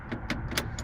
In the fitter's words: just snaps right in you press the button it releases you hook it onto the wheelchair